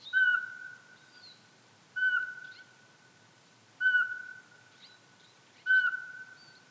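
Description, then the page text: Eurasian pygmy owl repeating a clear fluty whistle four times at a regular pace of about two seconds, with a few soft chirps between notes. "Jelmer Poelstra - Воробьиный сычик (Glaucidium passerinum)"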